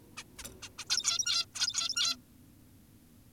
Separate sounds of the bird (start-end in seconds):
0.17-0.24, 0.39-0.43, 0.62-0.69, 0.78-0.85, 0.90-1.46, 1.55-2.16